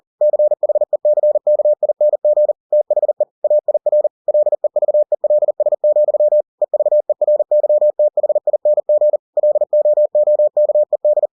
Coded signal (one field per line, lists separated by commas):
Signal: Morse code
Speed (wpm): 40 wpm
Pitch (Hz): 600 Hz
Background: none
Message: CHECKING THE AIR LEVELS, EVERYTHING LOOKED